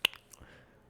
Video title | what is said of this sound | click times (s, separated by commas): The popular 1971 VW bus perfect for road trip and camping | But that that click, y'all y'all know that click I'm talking about. That that click is satisfying. | 0.1 s